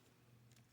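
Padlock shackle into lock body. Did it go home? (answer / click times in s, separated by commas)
no / none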